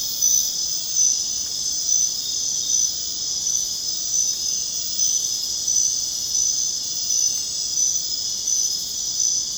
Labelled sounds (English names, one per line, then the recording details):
none
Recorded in secondary vegetation near Puerto Asís, Putumayo, Colombia, on 22 June 2025 at 21:30
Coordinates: 0.484, -76.319
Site G074